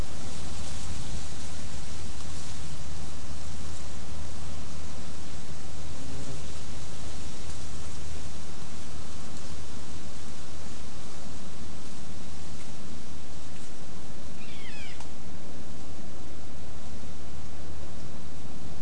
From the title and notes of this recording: Wind through bay, leaf litter talon scratch. 3:00-3:30 pm. Throwback to a late summer windy day under the clearing-edge coast live oaks, spotted towhee foraging in the leaf litter.